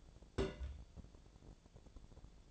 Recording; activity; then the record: daily activity, microphone in the room; place on stove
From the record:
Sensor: 5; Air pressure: 1000.0 hPa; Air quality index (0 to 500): 98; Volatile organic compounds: 1 ppm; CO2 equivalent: 798 ppm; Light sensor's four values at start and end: 353/818/359/405 and 352/817/359/403